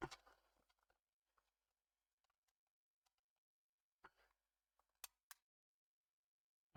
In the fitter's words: okay that nicely clicked into place